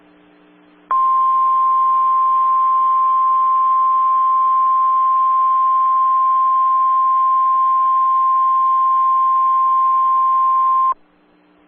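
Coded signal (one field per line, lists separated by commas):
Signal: Emergency Alert System (SAME) tones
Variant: 1050 Hz attention tone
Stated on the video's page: NOAA weather radio recording of a severe thunderstorm warning interrupted by a tornado warning.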